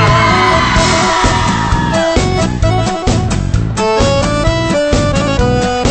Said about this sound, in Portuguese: para a gaita pra escutar o grito da mulherada.